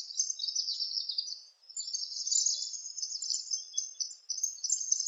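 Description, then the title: Palm tanager calling in a dense, unbroken stream of high, lisping squeaks and twitters, briefly dipping before resuming. "Sanhaçu-do-coqueiro (Tangara palmarum)"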